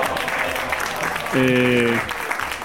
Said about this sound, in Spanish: Sí, esos aplausos están completamente a destiempo, pero bueno.